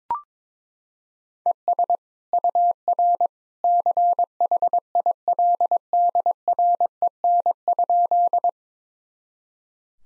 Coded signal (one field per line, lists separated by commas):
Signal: Morse code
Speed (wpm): 23 wpm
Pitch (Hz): 700 Hz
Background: none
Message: ES UR CHILDREN?